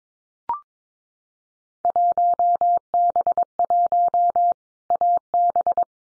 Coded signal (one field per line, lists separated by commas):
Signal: Morse code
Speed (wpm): 22 wpm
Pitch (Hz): 700 Hz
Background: none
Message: 1B1 AB